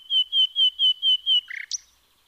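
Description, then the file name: Common nightingale song phrase: six loud, pure whistled notes repeated evenly, then a quick buzzy, chattering ending, all within about two seconds. "Luscinia megarhynchos"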